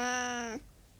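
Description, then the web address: Burmese cat making a single short, steady moaning growl that ends abruptly, followed by near silence. Hissing and growling. "BBC Sound Effects Library. Burmese Cat"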